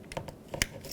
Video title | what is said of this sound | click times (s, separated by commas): How to Replace Lock Switch 2005-2010 Chevy Cobalt | Make sure that clicks. | 0.6 s